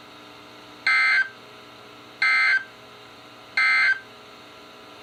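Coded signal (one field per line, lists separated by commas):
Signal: Emergency Alert System (SAME) tones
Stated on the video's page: Flood warnings received on NOAA Weather Radio.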